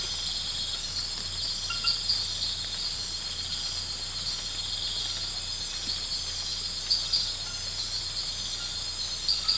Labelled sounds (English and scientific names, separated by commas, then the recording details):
none
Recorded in pastures near Puerto Asís, Putumayo, Colombia, on 8 March 2025 at 03:30
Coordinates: 0.472, -76.329
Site G074